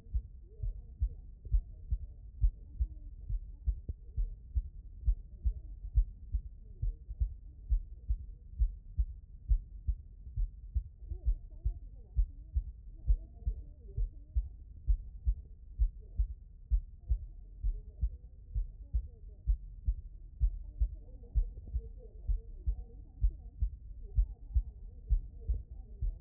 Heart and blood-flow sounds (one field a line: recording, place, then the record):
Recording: heart sounds by stethoscope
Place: aortic valve (AV)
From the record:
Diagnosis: non-HFrEF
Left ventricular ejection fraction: 61%